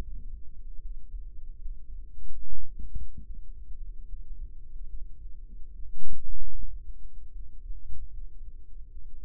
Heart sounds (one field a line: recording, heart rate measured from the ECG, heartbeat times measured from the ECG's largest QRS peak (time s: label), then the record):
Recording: heart sounds by microphone in the right ear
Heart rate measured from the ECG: 74 bpm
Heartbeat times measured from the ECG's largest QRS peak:
0.77 s: heartbeat
1.58 s: heartbeat
2.45 s: heartbeat
3.23 s: heartbeat
4.05 s: heartbeat
4.86 s: heartbeat
5.72 s: heartbeat
6.51 s: heartbeat
7.32 s: heartbeat
8.10 s: heartbeat
8.88 s: heartbeat
From the record:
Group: healthy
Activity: Valsalva maneuver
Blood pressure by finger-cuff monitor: 95/55 mmHg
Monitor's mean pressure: 67 mmHg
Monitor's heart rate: 75 bpm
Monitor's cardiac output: 6.2 L/min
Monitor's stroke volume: 84 mL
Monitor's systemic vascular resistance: 780 dyn s/cm5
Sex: female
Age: 26 years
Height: 165 cm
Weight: 55 kg